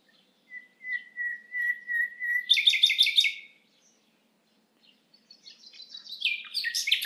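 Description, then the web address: Common nightingale song: a run of soft repeated whistles, a burst of loud pulsed notes, a short pause, then a series of rapid buzzy notes. "SETE data Luscinia megarhynchos"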